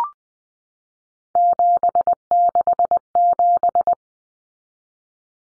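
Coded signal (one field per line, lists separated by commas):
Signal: Morse code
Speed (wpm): 20 wpm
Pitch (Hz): 700 Hz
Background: none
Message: 767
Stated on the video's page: Three-digit numbers in Morse at 20 wpm, each sent twice for head-copy practice.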